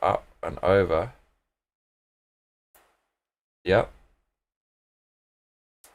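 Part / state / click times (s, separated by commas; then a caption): cable connector into its mating housing / not seated / none. Someone talks while pushing the connector of a hand-soldered cable over and into its mating housing, followed by quiet with faint brief ticks near 2.8 s and 5.8 s. Nothing has clicked into place: the connector fails to latch because its latch was damaged earlier.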